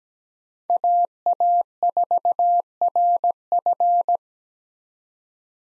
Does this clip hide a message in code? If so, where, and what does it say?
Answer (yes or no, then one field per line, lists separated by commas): yes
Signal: Morse code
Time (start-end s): 0.7-4.2 s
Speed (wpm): 17 wpm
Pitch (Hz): 700 Hz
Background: none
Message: AA4RF